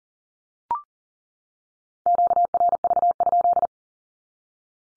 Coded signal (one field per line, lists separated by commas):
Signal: Morse code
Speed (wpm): 42 wpm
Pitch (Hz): 700 Hz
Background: none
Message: QRV?